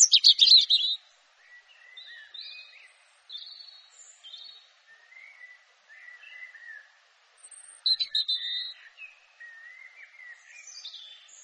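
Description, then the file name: European robin singing: a bright opening flourish, then soft, wavering high whistles and thin warbles, with another loud jangling phrase later on. "canto do pisco de peito ruivo"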